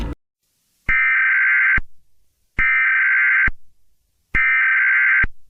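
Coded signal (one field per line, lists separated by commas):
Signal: Emergency Alert System (SAME) tones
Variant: header bursts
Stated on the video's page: Fictional scenario alert, simulated.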